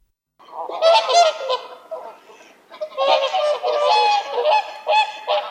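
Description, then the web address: Whooper swan calls, a dense run of nasal trumpeting honks from more than one bird, pausing briefly before another burst of overlapping calls. "Sangsvane"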